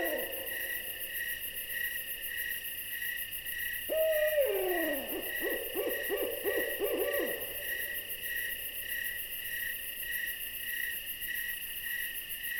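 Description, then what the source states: Owl giving a quavering call that slides downward and breaks into rapid pulses, over a steady cricket chorus. An owl visiting.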